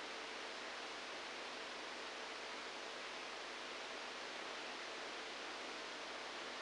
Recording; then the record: brain microelectrode recording played as sound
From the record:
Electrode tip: outside the subthalamic nucleus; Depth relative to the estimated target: 1 mm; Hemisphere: right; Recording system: NeuroSet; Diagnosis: Parkinson's disease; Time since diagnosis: 7 years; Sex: male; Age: 69 years